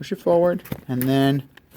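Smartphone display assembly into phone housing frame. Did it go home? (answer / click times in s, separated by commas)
no / none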